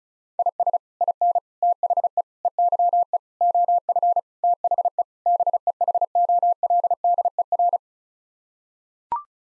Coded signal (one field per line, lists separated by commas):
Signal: Morse code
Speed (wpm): 34 wpm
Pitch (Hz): 700 Hz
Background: none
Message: IS IN THE EYE OF THE BEHOLDER